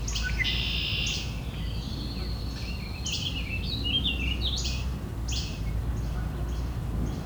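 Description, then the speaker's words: Red-winged Blackbird harsh calls: several rasping, buzzy bursts with short chattering notes between, over a steady low rumble of background noise. Red-winged blackbirds described as having an argument; recorded in southern Ontario while testing a bird sound identification app. "red-winged blackbird's having an argument here."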